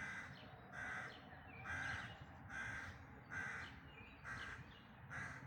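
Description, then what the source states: Bird giving harsh cawing calls, several caws repeated steadily about once a second, over low background noise. Dawn chorus, May 2026.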